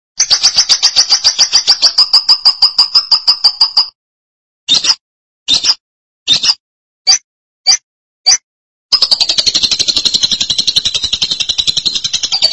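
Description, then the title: Lovebird chatter: a steady stream of shrill notes, then six separate short squeaky bursts, then the rapid chattering returns. "BM Suara Burung Lovebird"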